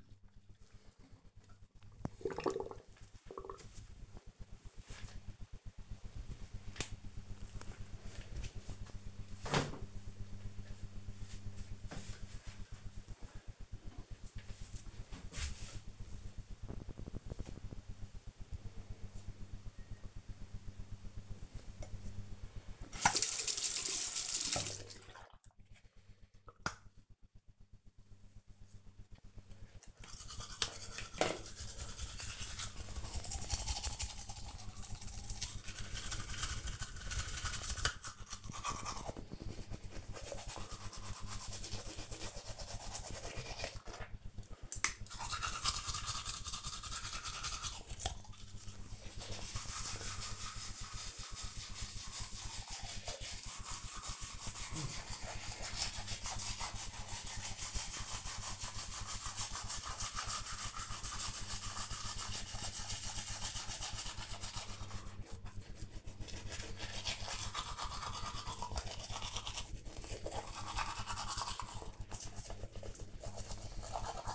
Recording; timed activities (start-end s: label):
household activities, microphone on the right wrist
14.77-74.35 s: brushing teeth